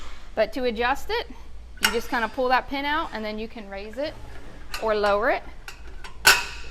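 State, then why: Seated. Someone talks while adjusting the arm of a cable fitness machine: a spring-loaded metal adjustment pin is pulled, the arm is raised or lowered, and the pin drops back into a numbered hole in the height column. A sharp metallic knock at 6.3 s marks the pin seating and locking into place.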